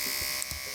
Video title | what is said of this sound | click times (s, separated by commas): Detachable Hinge Assembly | Here it latch. | 0.4 s